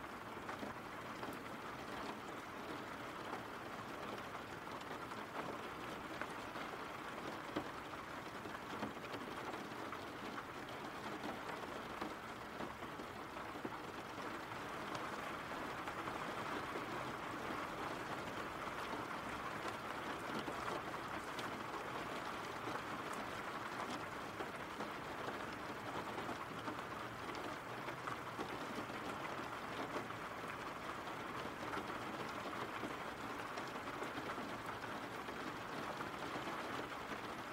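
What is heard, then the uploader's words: Rain falls in a steady, dense hiss that stays even from start to finish. The sound sits mostly in the middle and upper range, with a faint low rumble underneath and no distinct drops or pauses standing out. RAIN SOUNDS.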